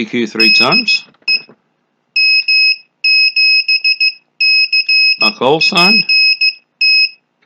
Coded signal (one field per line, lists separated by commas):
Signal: Morse code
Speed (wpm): 15 wpm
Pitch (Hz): 2550 Hz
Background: speech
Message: DE M7CPT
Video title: How to Cheat Sending Morse Code using the Betatech Instruments K11 Board